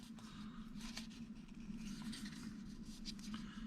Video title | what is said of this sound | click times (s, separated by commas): How to replace a 2017 Chrysler Town & Country 3 Button Fobik Remote Battery | and you notice you're going to hear it snapping as you go around. | 1.0 s, 3.2 s, 3.3 s